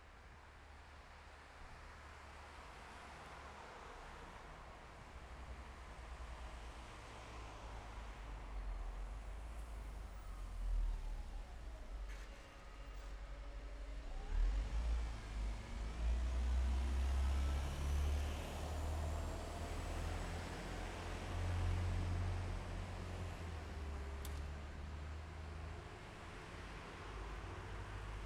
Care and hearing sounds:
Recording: everyday scene through a hearing-aid microphone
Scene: in traffic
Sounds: traffic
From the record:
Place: bus stop on a city main road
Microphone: behind the ear, left, rear

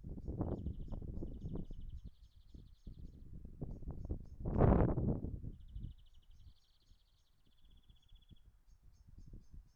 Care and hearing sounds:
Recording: everyday scene through a hearing-aid microphone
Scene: wind on the microphone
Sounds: wind, traffic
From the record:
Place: in front of a rural house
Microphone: behind the ear, right, front

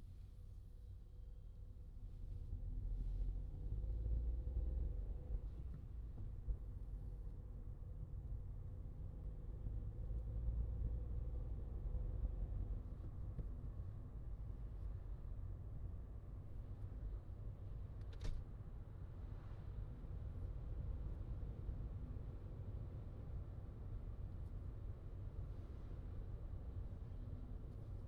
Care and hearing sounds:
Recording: everyday scene through a hearing-aid microphone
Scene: in a vehicle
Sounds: engine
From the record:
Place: Skoda Fabia, gasoline engine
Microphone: in the ear canal, left

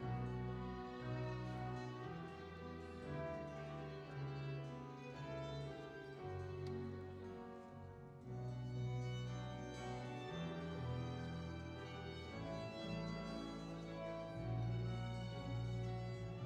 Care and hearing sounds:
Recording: everyday scene through a hearing-aid microphone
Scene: reverberant space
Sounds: music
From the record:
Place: church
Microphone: in the ear canal, right

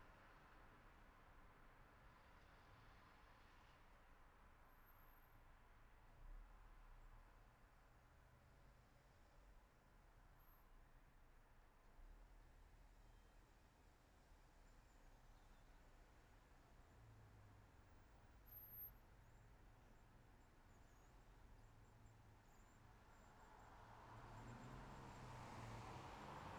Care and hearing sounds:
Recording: everyday scene through a hearing-aid microphone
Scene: in traffic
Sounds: traffic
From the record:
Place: city secondary road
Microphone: behind the ear, right, front

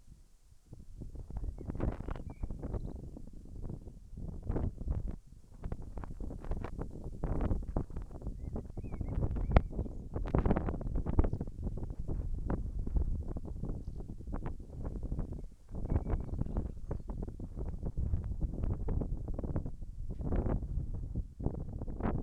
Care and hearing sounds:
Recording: everyday scene through a hearing-aid microphone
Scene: wind on the microphone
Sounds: wind, whistling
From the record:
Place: in front of a rural house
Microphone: behind the ear, left, rear

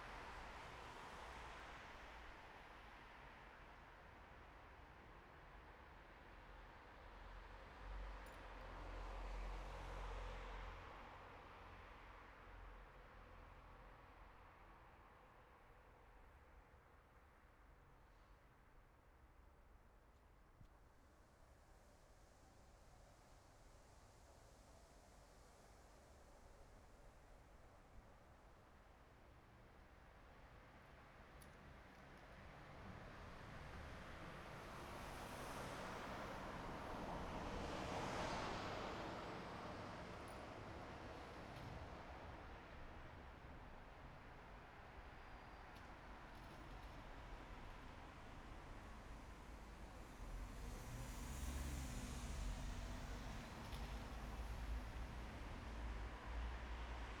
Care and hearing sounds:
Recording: everyday scene through a hearing-aid microphone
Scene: in traffic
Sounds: traffic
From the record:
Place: bus stop on a city main road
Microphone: behind the ear, right, front

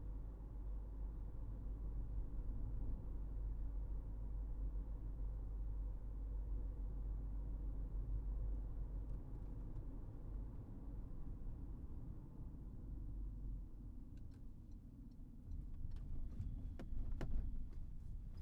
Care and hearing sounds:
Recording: everyday scene through a hearing-aid microphone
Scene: in a vehicle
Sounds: engine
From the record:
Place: Berlingo II, diesel engine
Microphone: behind the ear, right, front

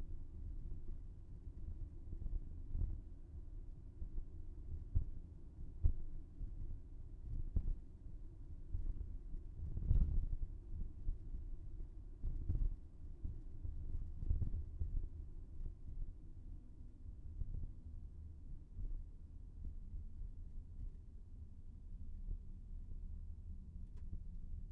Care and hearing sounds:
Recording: everyday scene through a hearing-aid microphone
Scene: in a vehicle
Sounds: engine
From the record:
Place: VW T5 Caravelle, diesel engine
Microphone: behind the ear, left, front

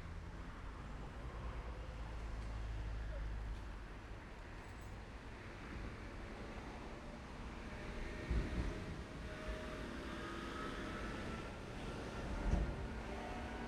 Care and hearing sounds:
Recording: everyday scene through a hearing-aid microphone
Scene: in traffic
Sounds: traffic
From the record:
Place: main road on the outskirts, rush hour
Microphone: behind the ear, left, rear

